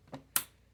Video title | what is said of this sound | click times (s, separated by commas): Ninja Creami Non-Dairy Vegan Frozen Yoghurt - Plant-Based Dessert | and lock. Lid on. Listen for the click. | 0.4 s